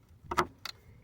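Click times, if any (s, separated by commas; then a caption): 0.3 s, 0.7 s. A plastic taillight bulb socket on a Dodge/Jeep is twisted into the taillight housing until it locks. Two sharp clicks are heard at 0.3 and 0.7 seconds, and the socket is seated and locked in place.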